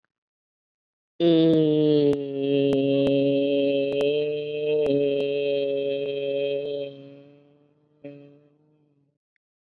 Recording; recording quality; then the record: sustained vowel as in made; excellent, no background noise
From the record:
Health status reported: COVID-19 positive, moderate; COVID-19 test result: positive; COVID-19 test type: RT-PCR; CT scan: not taken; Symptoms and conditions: cough, cold, sore throat, fever, fatigue, muscle pain, another condition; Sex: female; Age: 28 years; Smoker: no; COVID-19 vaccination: both doses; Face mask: worn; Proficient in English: yes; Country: India